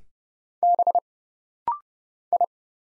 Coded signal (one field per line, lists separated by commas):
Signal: Morse code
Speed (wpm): 30 wpm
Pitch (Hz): 700 Hz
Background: none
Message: B I